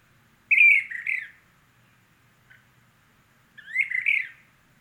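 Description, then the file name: Brown-crested flycatcher giving two harsh, rolling burry calls about three seconds apart, each a quick double-noted rasp, with a faint short note between them. Subspecies magister. "Brown crested Flycatcher Myiarchus tyrannulus magister Olmstead"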